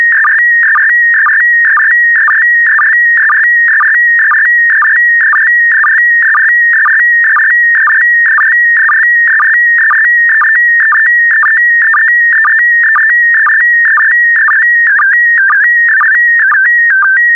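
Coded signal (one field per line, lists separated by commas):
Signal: SSTV (slow-scan television)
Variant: PD120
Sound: warbling electronic tone with rapid pitch shifts and regular short low blips about twice a second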